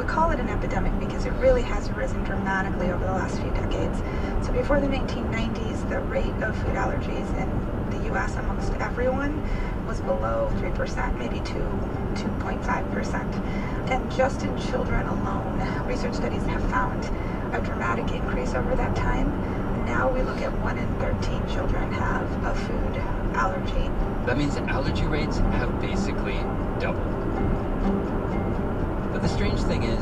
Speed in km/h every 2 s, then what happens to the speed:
87, 84, 82, 79, 77, 77, 77, 79, 81, 82, 84, 84, 85, 85, 85.
0-8 slows to 77. 8-30 steady at about 82.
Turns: none.